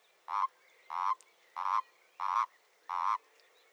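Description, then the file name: Common toad calling: five evenly spaced, hoarse croaking notes, each lasting about a quarter second. "Oliver Swift Erdkröte"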